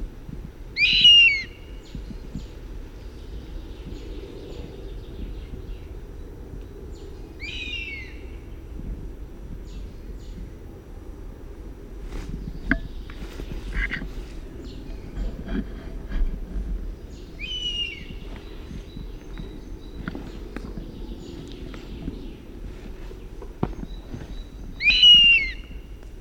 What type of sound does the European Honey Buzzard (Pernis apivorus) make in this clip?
call